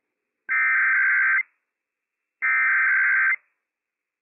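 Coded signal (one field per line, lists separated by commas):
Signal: Emergency Alert System (SAME) tones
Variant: header bursts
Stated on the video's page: Statewide Required Weekly Test issued by the Washington State EOC, received on a NOAA Weather Radio station.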